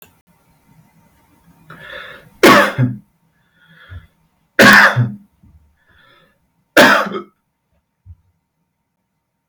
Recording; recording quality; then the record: heavy voluntary cough; moderate, slight background noise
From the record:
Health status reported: healthy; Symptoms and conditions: none ticked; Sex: male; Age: 32 years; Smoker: not ticked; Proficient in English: yes